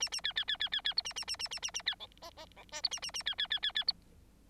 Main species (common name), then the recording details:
Bengalese Finch. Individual Bird9